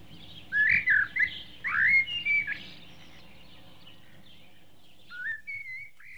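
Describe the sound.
Bird calls: a quick run of bright, sliding whistled chirps in the first three seconds, a pause, then a few thinner whistled notes near the end.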